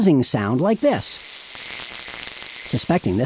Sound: sfx: buzzing flies